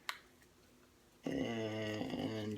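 Two halves of a silicone casting mold for a stormtrooper toy figure are pressed together, with the locking keys worked into the matching half from one end. A single sharp snap at 0.1 s marks a lock key seating into place, and then someone talks.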